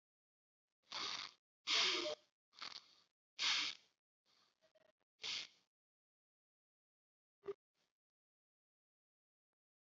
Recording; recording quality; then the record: shallow breathing; moderate, slight background noise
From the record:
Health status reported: healthy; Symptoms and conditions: diabetes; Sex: male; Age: 38 years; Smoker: not ticked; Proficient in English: yes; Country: India